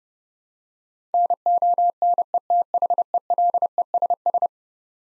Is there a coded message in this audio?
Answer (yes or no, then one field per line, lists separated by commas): yes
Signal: Morse code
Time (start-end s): 1.1-4.5 s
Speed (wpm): 32 wpm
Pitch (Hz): 700 Hz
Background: none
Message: NONETHELESS